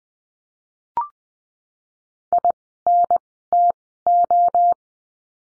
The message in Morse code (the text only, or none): I N T O